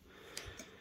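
A plastic transport part in an Aiwa AD-F500 early-1990s cassette deck is pressed down onto its locating posts under a clip lock and gives a sharp click at 0.4 s, followed by a softer second click at 0.6 s. The part is now seated; before, it had not been sitting on the posts, which caused the rubbing.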